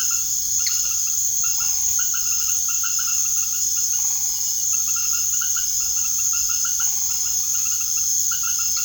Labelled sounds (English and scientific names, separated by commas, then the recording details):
none
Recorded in secondary vegetation near Puerto Asís, Putumayo, Colombia, on 24 March 2025 at 19:30
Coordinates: 0.489, -76.322
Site G042